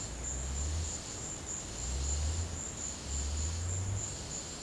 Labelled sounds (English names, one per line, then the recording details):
none
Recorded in secondary vegetation near Puerto Asís, Putumayo, Colombia, on 18 December 2024 at 13:00
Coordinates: 0.489, -76.322
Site G059